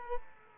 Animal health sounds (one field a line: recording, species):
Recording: mosquito wingbeat signal from an infrared sensor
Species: Culex quinquefasciatus